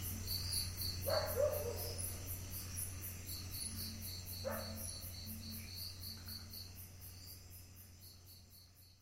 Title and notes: June 2022, 10pm Netrevali, Goa, India, sounds of the night - insects chirping. Recorded by Mark Wilden